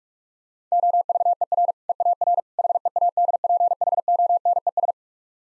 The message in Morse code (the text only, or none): OVER EAR HEADPHONES